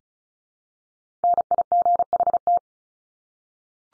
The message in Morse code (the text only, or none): NIGHT